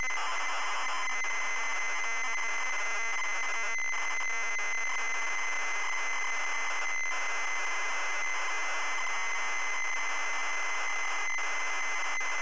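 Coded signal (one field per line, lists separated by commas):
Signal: ZX Spectrum tape loading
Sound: continuous harsh raspy buzzing data screech with a steady high whine throughout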